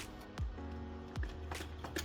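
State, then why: Not seated. The new coolant return pipe end is fed into its quick-connect coupling on a BMW E90 with the M47 engine, with the retaining clip on. Handling noise plays over a low steady hum, with brief sharp sounds near 1.2 s and 2.0 s. Nothing has seated or clicked yet.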